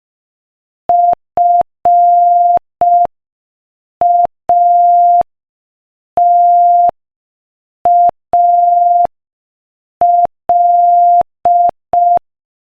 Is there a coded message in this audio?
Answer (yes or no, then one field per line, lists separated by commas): yes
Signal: Morse code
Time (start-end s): 0.9-12.2 s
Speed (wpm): 5 wpm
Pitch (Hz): 700 Hz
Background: none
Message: FATAL